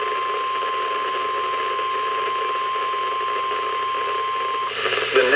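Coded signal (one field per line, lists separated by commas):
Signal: Emergency Alert System (SAME) tones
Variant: 1050 Hz attention tone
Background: speech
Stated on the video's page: SAME tones from NOAA weather radio stations broadcasting marine warnings, flood watches and warnings.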